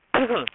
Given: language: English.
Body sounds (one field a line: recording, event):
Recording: throat vibration sensor signal played as sound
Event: cough